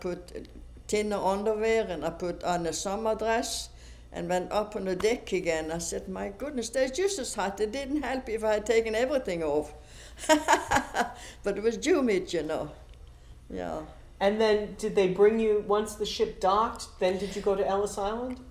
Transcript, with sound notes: I put thinner underwear and I put on the summer dress, and went up on the deck again. I said, "My goodness, it's just as hot. It didn't happy if I had taken everything off." (she laughs) But it was humid, you know. Yeah.
And then did they bring you, once the ship docked, then did you go to Ellis Island?